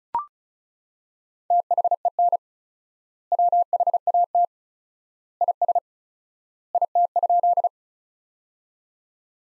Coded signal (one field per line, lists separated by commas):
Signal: Morse code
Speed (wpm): 36 wpm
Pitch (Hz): 700 Hz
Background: none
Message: THEN WHAT IS IT?